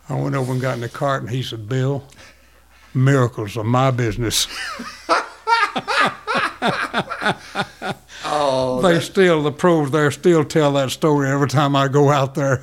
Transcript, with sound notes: I went over and got in the cart and he said, "Bill, miracles are my business."
(Laughing) Oh, that--
The pros there still tell that story every time I go out there.